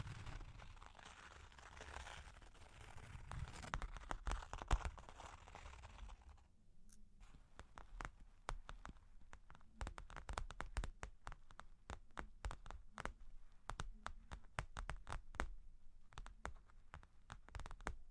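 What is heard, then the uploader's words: Long claws tap and scratch in a steady run of sharp, bright clicks. For the first seven seconds a dense, rough scratching fills the sound under the taps. After that it drops away, leaving fast, irregular clicks over near silence. Long Claws Tapping and Scratching (No Talking).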